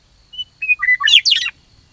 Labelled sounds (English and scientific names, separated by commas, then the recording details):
Western Meadowlark (Sturnella neglecta)
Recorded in Sonoma County, California